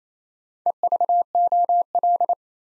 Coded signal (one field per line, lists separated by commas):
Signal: Morse code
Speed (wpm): 27 wpm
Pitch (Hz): 700 Hz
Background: none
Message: EVOL